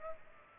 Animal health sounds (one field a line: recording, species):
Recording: mosquito wingbeat signal from an infrared sensor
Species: Aedes aegypti